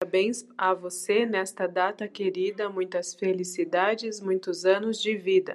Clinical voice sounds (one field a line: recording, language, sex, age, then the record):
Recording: short text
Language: Brazilian Portuguese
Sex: female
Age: 30 to 39 years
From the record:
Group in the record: control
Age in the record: 35 years